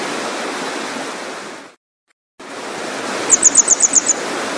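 Grey wagtail calls: a quick run of several sharp, very high ticking notes near the end, over loud, steady rushing water with one short silent break.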